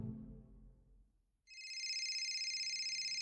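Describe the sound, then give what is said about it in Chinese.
A low rumbling tone fades out, and then a bright electronic mobile phone ringtone begins inside a car, a steady layered chime of high tones with a quick pulsing warble, fairly loud and continuing to the end. “手机铃声响起的时候”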